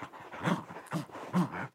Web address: dog akita chew toy pull from hand growl